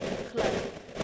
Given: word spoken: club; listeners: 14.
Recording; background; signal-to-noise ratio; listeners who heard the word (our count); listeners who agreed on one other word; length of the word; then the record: one English word in noise, from a listening test; noise modulated by three-talker babble; -6.9 dB; 1 of 14; 10 of 14; 0.63 s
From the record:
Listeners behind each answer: 10, 1, 1, 1, 1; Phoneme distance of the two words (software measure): 20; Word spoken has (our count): 1 syllable, 4 phonemes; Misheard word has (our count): 1 syllable, 4 phonemes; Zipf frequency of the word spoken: 5.10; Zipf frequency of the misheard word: 3.43